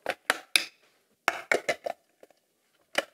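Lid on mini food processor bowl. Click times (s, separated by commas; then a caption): 0.6 s. The plastic lid (drizzle basin) of a KitchenAid 3.5 mini food processor is refitted onto the bowl after being reset and turned until it locks. A series of short, sharp knocks and clatters is heard, with the loudest plastic click at 0.6 s and more knocks around 0.1, 0.3, 1.3, 1.5 and 3.0 s. The lid is seated and locked in place.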